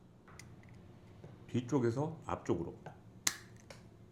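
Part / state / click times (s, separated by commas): clip-on light mount onto pocket gimbal camera / seated / 3.3 s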